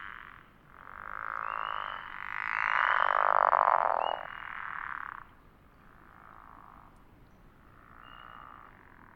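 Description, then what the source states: Pickerel frogs calling in overlapping snore-like croaks, one loud drawn-out call in the middle and softer calls after. Several pickerel frogs recorded at Elliott Mountain in 2006.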